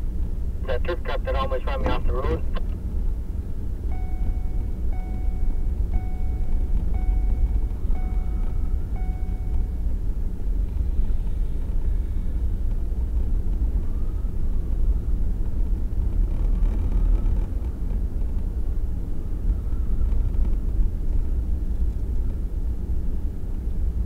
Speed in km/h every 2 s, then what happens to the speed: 31, 33, 35, 35, 35, 35, 37, 40, 42, 42, 42, 40.
0-11 steady at about 35. 11-16 speeds up to 42. 16-24 steady at about 42.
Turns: none.